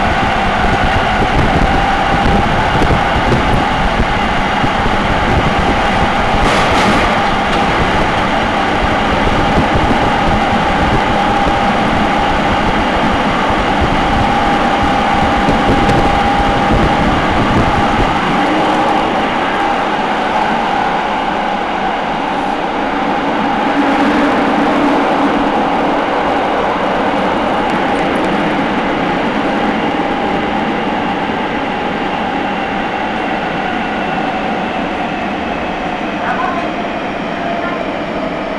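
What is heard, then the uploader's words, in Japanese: A Nagoya Municipal Subway Sakura-dori Line train in motion between Taiko-dori and Tokushige, with a continuous roar and a steady whining tone running throughout. The low rumble is heavy for the first eighteen seconds, then drops away, leaving a lighter hum and whine. 名古屋市営地下鉄桜通線 太閤通→徳重。桜通線の太閤通から徳重までの全区間を乗った時のものです。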